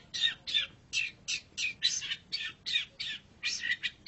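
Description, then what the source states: Long-tailed shrike giving harsh, grating squawks, repeated rapidly in a steady series. Indonesian name cendet; labelled masteran, a tutor recording of the song.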